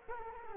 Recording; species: mosquito wingbeat signal from an infrared sensor; Culex quinquefasciatus